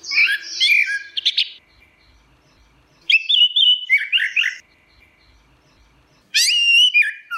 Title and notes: Suara Burung Anis Merah Ngeplong. Masteran Anis Kembang